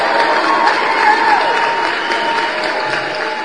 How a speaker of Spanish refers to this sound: Claro que sí, un aplauso con todo el cariño del mundo a mi amigo